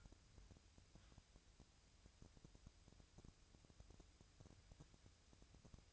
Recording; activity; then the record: daily activity, microphone in the room; wipe stove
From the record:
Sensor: 2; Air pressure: 1001.4 hPa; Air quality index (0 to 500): 225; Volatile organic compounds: 24 ppm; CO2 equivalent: 2822 ppm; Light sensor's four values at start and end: 7/26/10/9 and 7/26/10/9